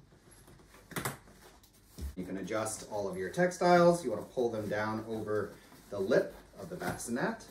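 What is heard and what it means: A Bugaboo Dragonfly bassinet is slid backwards on the stroller chassis until its small mounting tab enters the slot and locks into place. Sharp clicks are heard at about 1.0 and 1.1 seconds, followed by a couple of softer knocks. Someone then talks.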